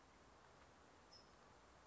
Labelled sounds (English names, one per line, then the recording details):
California Towhee
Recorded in Sonoma County, California